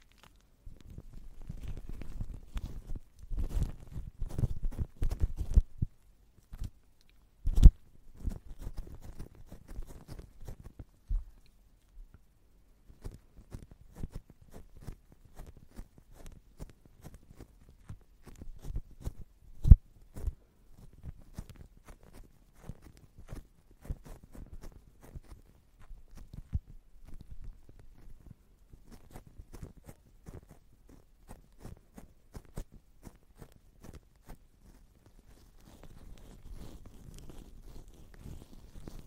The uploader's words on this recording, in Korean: 거친듯 부드러운듯 쉐이빙폼 치덕치덕. Shaving foam sound. Zoom H6, 에이포트 핀마이크 AP211.